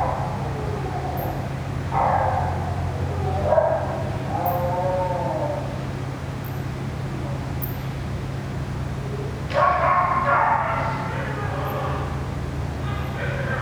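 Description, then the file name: Dog whining in short, wavering tonal cries that rise and fall, heard in several bursts over a steady low hum. Dog crying near a ventilation system. "a dog crying near a ventilation system"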